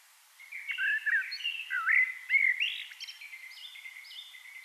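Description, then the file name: Eurasian blackbird song: one rich, gliding warble followed by a run of thin, high twittering notes. "Turdus merula"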